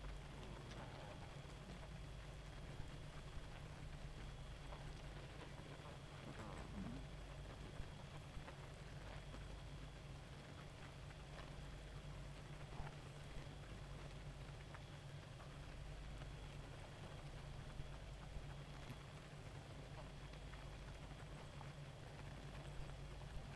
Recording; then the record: honeybee colony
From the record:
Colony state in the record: active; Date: 28 July 2017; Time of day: 1:24